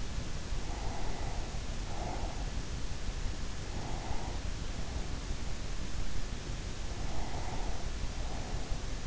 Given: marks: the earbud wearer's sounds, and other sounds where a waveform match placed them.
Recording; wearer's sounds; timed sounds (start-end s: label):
sounds in sleep by an in-ear microphone; breath
0.59-2.67 s: breath
3.56-5.64 s: breath
6.76-9.07 s: breath